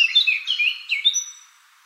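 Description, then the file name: Eurasian blackcap song: a short burst of fluty, looping warbled notes that slide up and down, fading out after about a second and a half. "Sylvia atricapilla"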